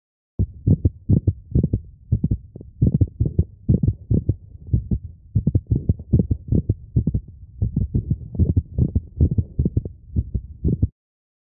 A clinical example of a mid-systolic click recorded from a dog with mitral valve prolapse. This dog also has a sinus arrhythmia.